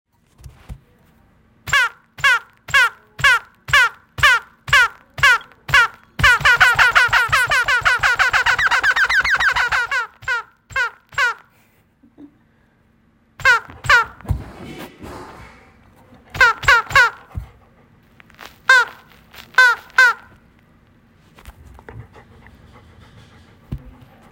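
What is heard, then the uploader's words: A dog's squeaky toy squeals in a quick, regular series of sharp, bright squeaks, then bursts into a dense rapid flurry from about six to ten seconds. After a short pause, the squeaking returns in uneven clusters with a brief rustle. My Dog’s Toy Squeaker.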